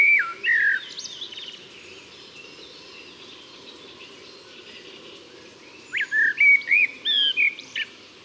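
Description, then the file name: Common blackbird song in two phrases, a brief fluty start and later a run of mellow whistled notes with squeaky flourishes, separated by several seconds of quiet hiss. "Turdus merula"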